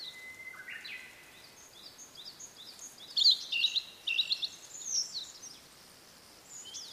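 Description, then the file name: Blue-and-white flycatcher phrase with a long thin whistle rising into buzzy notes, then a busy burst of high chirped notes midway. "oruri"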